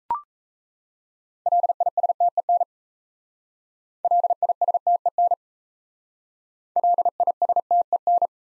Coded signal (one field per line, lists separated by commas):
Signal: Morse code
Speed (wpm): 37 wpm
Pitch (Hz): 700 Hz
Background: none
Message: LISTEN LISTEN LISTEN